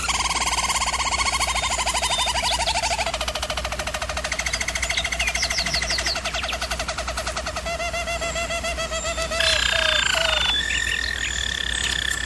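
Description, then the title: German Roller canary song, continuous pulsed rolls shifting among several tours, including a rapid bubbling trill and a brief higher flat section, over a low steady hum. Canary singing in a training recording. "German Roller Canary Singing - Canary Training Vid"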